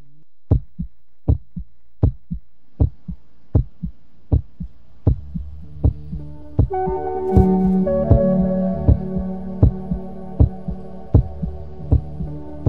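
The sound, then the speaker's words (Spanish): A heartbeat sound effect on the radio programme Enredando las Mañanas: paired low thumps repeat evenly throughout. Partway in, a sustained tonal hum swells up beneath the beats and lingers to the end. “Y con esos latidos que nos llegan así de repente, vamos a ir meternos en el interior, en el corazón de las tecnologías, ¿no?”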